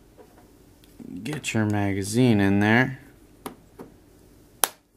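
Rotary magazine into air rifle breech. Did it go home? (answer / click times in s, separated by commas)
yes / 4.6 s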